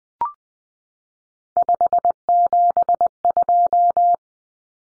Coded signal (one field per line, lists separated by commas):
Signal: Morse code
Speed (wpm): 20 wpm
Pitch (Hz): 700 Hz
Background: none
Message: 572